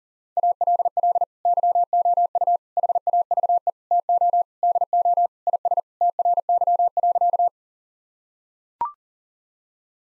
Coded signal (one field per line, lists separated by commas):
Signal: Morse code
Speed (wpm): 37 wpm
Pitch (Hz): 700 Hz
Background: none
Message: ALL YOU HAVE TO DO IS TRY.